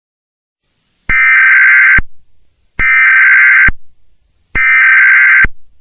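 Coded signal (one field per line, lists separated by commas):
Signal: Emergency Alert System (SAME) tones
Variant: header bursts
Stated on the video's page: Homemade EAS mocks, not real alerts.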